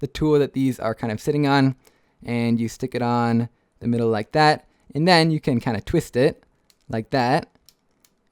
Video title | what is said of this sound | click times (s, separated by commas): Trying out the GAN 356 XS | And so you can kind of hear it clicking into place as I turn it. | 7.7 s, 8.1 s